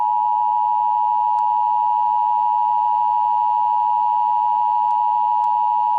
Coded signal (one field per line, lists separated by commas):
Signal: Emergency Alert System (SAME) tones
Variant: 853 and 960 Hz attention tone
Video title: Emergency Alert System: September 11th, 2001